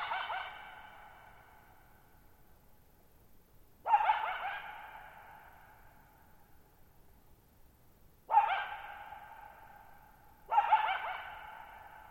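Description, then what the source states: Coyote calling: a fading howl, then three sharp bark-howls spaced several seconds apart, each sliding into a sustained note that rings on as a long echo. Lone coyote, wild, calling at night on July 14, 2019, Thirtymile Meadows, Okanogan National Forest, Okanogan High Country at 1950 m; dry plateau, bowl-shaped meadow, boggy ground, long natural reverberation.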